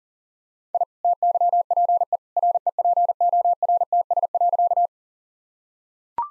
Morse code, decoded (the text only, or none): I TYPE REPORTS.